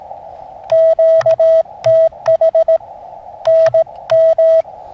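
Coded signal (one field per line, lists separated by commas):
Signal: Morse code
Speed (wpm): 18 wpm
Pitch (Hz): 650 Hz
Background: none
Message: QTH NM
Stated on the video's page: QRP Morse contacts from a portable station in a forest along the Rio Grande.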